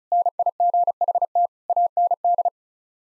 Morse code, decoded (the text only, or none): NIGHT AND